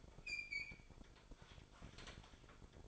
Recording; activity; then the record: daily activity, microphone in the room; open fridge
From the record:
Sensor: 5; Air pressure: 1007.9 hPa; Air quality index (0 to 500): 97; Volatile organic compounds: 1 ppm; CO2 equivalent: 758 ppm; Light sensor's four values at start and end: 40/91/38/39 and 40/92/39/40